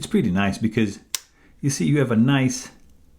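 Someone talks while handling a steel Leatherman Free T2 multitool, closing a metal implement toward its seated position in the handle, and a brief sharp sound is heard between the speech at about 1.1 s. The clip ends just before the implement snaps into place, so nothing has seated or clicked yet.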